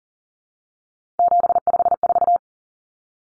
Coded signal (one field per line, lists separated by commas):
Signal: Morse code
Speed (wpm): 40 wpm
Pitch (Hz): 700 Hz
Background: none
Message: 754